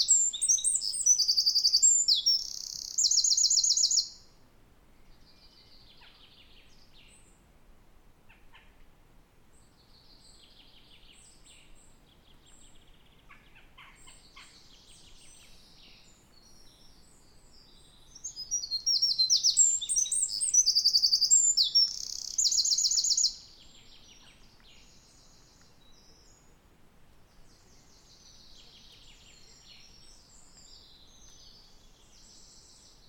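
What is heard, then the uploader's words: Birds sing in a forest around Bothwell Castle in Scotland. Two long bursts of high, bright, rapid trilling song come at the start and again from about 18 to 23 seconds. Between them, fainter scattered chirps sit over a quiet, steady low hush. Forest Nature Sounds Birds Singing. Relax to the calming sound of a natural forest surrounding Bothwell Castle in Scotland.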